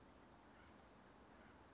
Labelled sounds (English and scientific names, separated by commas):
Oak Titmouse (Baeolophus inornatus)